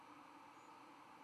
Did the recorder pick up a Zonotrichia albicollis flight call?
no